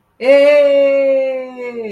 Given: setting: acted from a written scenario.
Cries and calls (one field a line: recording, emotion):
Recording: vocal sound without words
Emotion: elation